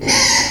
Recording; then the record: squeal of a Yucatan mini pig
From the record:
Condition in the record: before surgery on the right vocal fold (resection and tissue-engineered implant); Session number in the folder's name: 2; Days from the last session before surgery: 0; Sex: male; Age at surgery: 12 weeks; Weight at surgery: 13 kg